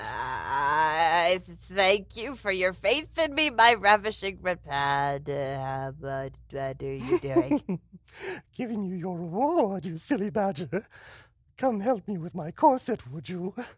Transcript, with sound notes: I thank you for your faith in me, my ravishing red pandaaauuuhm what are you doing?
[GIGGLES] Giving you your reward, you silly badger! Help me with my corset, would you?